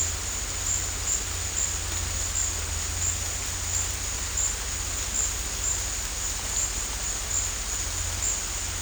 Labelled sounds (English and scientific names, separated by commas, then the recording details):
none
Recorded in dense forest near Puerto Asís, Putumayo, Colombia, on 20 December 2024 at 15:00
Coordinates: 0.466, -76.327
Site G075